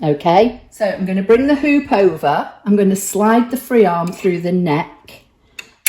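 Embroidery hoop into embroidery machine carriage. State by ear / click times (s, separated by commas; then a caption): seated / 5.6 s, 5.9 s. Someone talks while an embroidery hoop holding a sweatshirt is brought over to a Brother PR1X embroidery machine and the machine's free arm is slid through the sweatshirt's neck. The hoop is attached to the embroidery unit's carriage with two sharp clicks at 5.6 s and 5.9 s, and it is seated in place.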